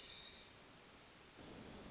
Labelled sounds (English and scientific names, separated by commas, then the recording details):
Hermit Thrush (Catharus guttatus)
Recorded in Sonoma County, California